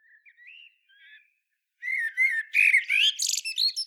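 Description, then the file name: Common blackbird song phrase: soft whistled notes near the start, a pause, then a loud run of squeaky, scratchy twittering notes. "Turdus merula"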